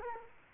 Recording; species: mosquito wingbeat signal from an infrared sensor; Culex quinquefasciatus